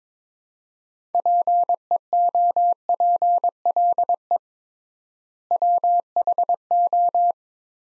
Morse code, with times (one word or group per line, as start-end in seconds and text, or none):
1.1-4.4 PEOPLE
5.5-7.3 WHO